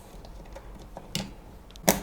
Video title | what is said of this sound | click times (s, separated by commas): Сборка ПК за 40 тысяч.MACHINIST X99 RS9.Попытка #2. | до щелчка и снова | 1.1 s, 1.9 s